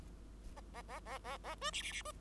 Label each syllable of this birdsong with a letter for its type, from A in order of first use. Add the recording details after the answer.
A A A A A A B C C C B. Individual Bird5